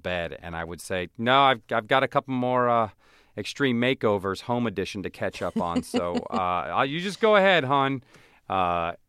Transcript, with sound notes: And I would say, no, I've got a couple more "Extreme Makeovers: Home Edition" to catch up on.
(Laughing).
So you just go ahead, hon.